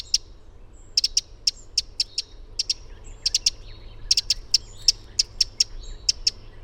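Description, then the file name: Eurasian wren giving sharp, dry ticking calls, delivered singly and in quick clusters of a few clicks, with a faint low rumble beneath. "Troglodytes troglodytes"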